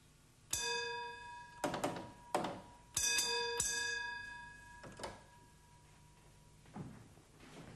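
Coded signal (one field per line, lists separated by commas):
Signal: bell signal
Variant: British Rail block bell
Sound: a small bell struck several times among mechanical clunks and thuds, in irregular spacing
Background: signal box lever clunks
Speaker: and give the train out of section bell code restoring the block instrument to the normal position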